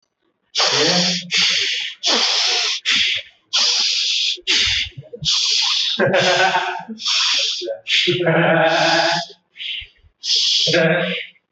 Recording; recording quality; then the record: deep breathing; moderate, slight background noise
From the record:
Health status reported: healthy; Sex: male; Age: 26 years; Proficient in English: yes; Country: India